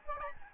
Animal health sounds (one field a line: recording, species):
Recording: mosquito wingbeat signal from an infrared sensor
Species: Aedes albopictus